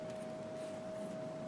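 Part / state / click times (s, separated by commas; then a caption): plastic inner-frame part going into a model kit assembly / not seated / none. A plastic inner-frame part for a 1/100 Graze model kit is picked up and lined up for its place in the assembly, with only faint handling noise over a steady tone near 600 Hz and no sharp sounds. Nothing has snapped into place yet.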